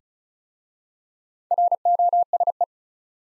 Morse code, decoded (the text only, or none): ROSE